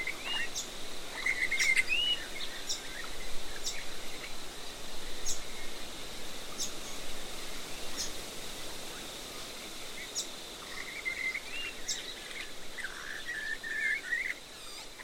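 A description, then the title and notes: River red gum forest with a steady high insect drone, bird calls near the start and again from about ten seconds, over soft constant noise. River Red Gum Forest In The Outback. An oasis in the desert, near White Cliffs.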